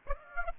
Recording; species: mosquito wingbeat signal from an infrared sensor; Aedes aegypti